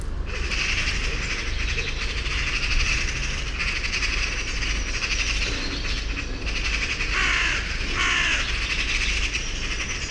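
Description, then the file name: Eurasian magpie giving harsh, noisy chattering calls that run almost continuously, with a couple of short faster rattles near the end. "Pica pica"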